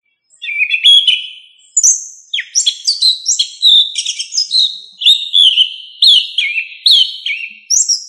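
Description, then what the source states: Thrush song of quick, clear whistled notes and downslurs, a varied warble of short phrases with brief pauses. Thrush of the family Turdidae, locally called sabiá.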